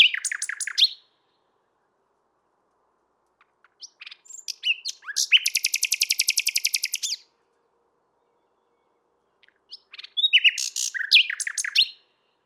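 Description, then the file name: Common nightingale song: varied phrases separated by pauses, the middle one a long, dense series of fast repeated harsh notes. "Luscinia megarhynchos"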